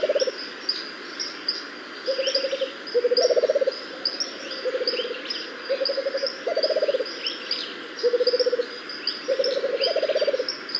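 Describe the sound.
Rufous-capped motmot hooting call: low, pulsed trills of quick hoots, each about half a second, repeated in bursts, with thin higher chirps of other birds behind.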